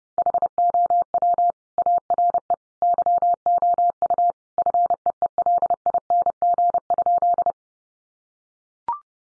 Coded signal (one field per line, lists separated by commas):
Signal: Morse code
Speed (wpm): 30 wpm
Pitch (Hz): 700 Hz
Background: none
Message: HOW ARE YOU FEELING?